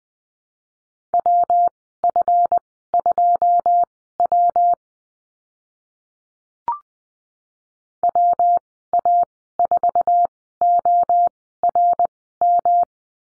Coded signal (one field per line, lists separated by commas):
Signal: Morse code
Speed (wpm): 20 wpm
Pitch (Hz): 700 Hz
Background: none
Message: WF2W WA4ORM